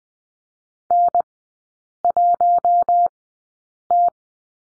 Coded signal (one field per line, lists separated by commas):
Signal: Morse code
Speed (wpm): 20 wpm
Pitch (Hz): 700 Hz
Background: none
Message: N1T